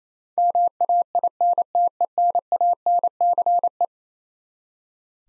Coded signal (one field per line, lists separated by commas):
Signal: Morse code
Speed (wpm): 27 wpm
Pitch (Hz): 700 Hz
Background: none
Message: MAINTENANCE